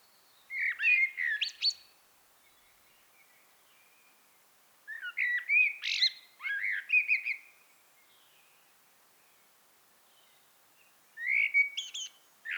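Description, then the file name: Common blackbird song, three phrases of flute-like whistles each closing with high, squeaky flourishes, separated by quiet pauses. "Turdus merula"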